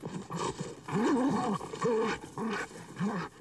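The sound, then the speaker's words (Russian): A wolf and hunting dogs, including a borzoi gripping the wolf's throat, fight as they roll on the ground, with a run of about five harsh, rising-and-falling snarls and growls bursting over a rough, scuffling background. “Один из охотников крепко держит волка за уши. Тот вырывается и скалится.”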